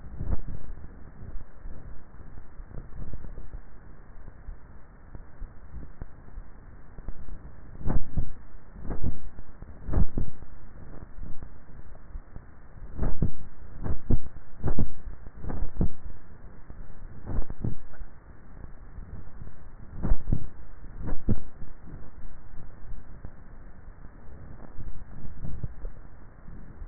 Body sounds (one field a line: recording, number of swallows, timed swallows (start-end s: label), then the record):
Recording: swallowing sounds by neck microphone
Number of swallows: 2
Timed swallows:
2.92-3.62 s: swallow
25.32-26.05 s: swallow
From the record:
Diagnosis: dysphagia